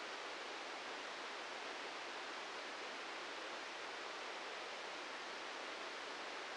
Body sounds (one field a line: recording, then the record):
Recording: brain microelectrode recording played as sound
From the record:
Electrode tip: inside the subthalamic nucleus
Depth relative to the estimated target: -2 mm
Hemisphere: right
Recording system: NeuroSet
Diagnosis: Parkinson's disease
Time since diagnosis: 13 years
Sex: male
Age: 65 years